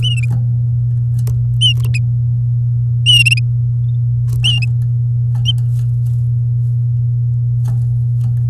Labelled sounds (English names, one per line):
Domestic Canary song